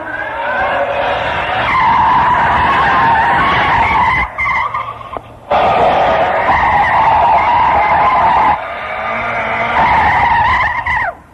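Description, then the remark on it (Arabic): Tires screech in long, loud skids from a drifting car, the high squeal wavering over engine roar, broken by two short pauses before the skidding resumes. “أنا مفحط الساحة أخذ اللفة بالراحة، تسمع للموت الصياحة في التفحيط أحسن فنان”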